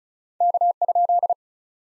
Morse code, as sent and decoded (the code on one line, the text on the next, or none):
-.- ..--..
K?